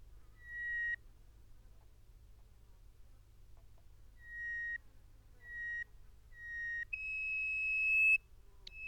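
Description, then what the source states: Bird song: an isolated flat whistle, a pause, then three more short whistles in a row and a long higher sustained whistle, ending with a brief sharp note. Song given in flight over a sand desert.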